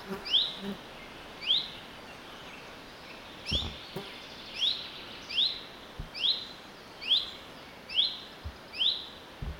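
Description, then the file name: Common chaffinch giving repeated short rising call notes, around a dozen, irregularly spaced, with a few soft low thumps partway through. "Fringilla coelebs"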